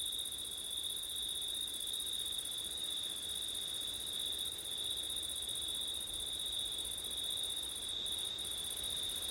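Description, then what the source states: Crickets give an unbroken high trill at two steady pitches, with a soft hiss underneath throughout. Crickets recorded on a windy September night.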